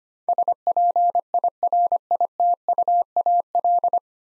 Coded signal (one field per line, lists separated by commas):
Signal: Morse code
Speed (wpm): 25 wpm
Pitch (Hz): 700 Hz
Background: none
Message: SPIRITUAL